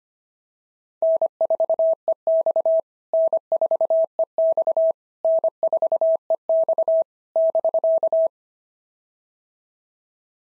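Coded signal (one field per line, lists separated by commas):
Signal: Morse code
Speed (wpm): 26 wpm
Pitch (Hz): 650 Hz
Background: none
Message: N4EX N4EX N4EX <BK>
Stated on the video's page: POTA exchange practice sent at 25 wpm, each exchange sent in Morse, spoken, then sent again.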